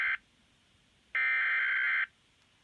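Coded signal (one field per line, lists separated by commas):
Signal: Emergency Alert System (SAME) tones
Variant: header bursts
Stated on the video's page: Environment Canada snowfall warning alert.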